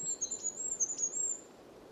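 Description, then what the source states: Goldcrest song: a brief, very high-pitched, rippling trill of thin notes lasting about a second and a half, then quiet background hiss. Singing among a few spruces in an extremely dry place overgrown with marsh Labrador tea, Sobibór Forests, Poland, in spring; its high-pitched song is not heard by everyone.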